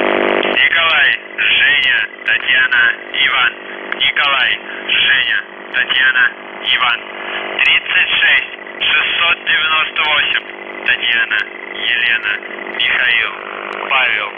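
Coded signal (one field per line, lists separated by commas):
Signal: numbers station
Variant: UVB-76 (The Buzzer)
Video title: The Buzzer/UVB-76(4625Khz) September 16, 2021 13:06UTC Voice message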